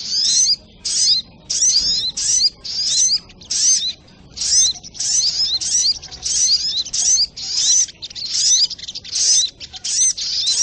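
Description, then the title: Little Spiderhunter pouring out a long run of short, shrill chirping phrases with thin rising whistles, separated by short gaps. Training recording (masteran) used to teach song to birds; labelled 'Labaik'. "Masteran Burung Sogok Ontong Labaik"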